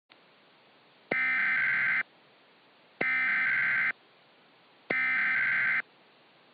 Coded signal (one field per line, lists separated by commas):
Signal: Emergency Alert System (SAME) tones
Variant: header bursts